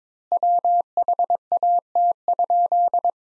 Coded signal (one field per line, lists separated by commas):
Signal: Morse code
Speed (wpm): 22 wpm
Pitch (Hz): 700 Hz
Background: none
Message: WHAT?